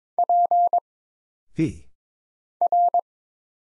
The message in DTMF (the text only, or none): none